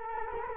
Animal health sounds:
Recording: mosquito wingbeat signal from an infrared sensor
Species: Culex quinquefasciatus

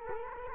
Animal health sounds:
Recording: mosquito wingbeat signal from an infrared sensor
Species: Culex quinquefasciatus

